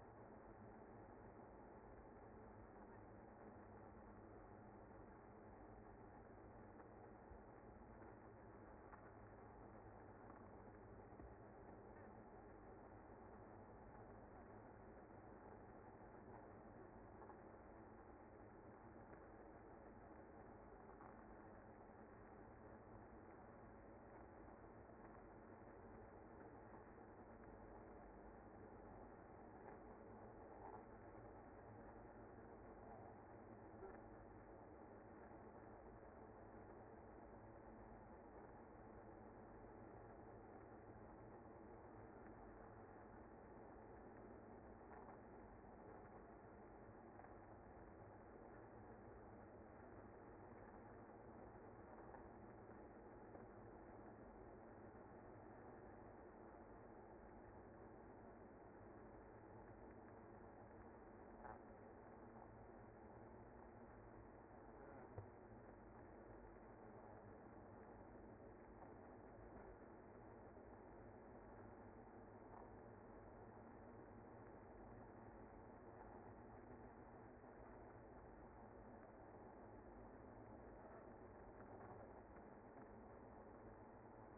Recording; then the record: honeybee colony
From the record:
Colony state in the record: active